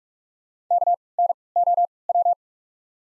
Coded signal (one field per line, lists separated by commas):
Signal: Morse code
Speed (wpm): 45 wpm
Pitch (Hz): 700 Hz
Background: none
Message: KNOW